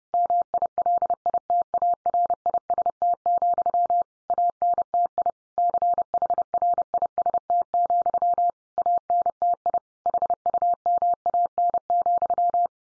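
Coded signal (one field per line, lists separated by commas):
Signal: Morse code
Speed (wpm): 30 wpm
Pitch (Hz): 700 Hz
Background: none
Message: MILITARIST, ANTI CHRIST, ANTI HUMAN,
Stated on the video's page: Morse head-copy practice at 30 wpm, sentences sent in Morse.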